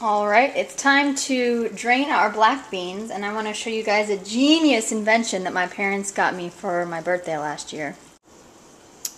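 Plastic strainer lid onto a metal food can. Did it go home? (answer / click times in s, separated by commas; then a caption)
yes / 9.0 s. A plastic strainer lid is pressed onto an open metal can of black beans to drain them, snapping on and locking into place. Someone talks for most of the clip, then after a brief quiet a sharp snap is heard at 9.1 seconds as the lid seats.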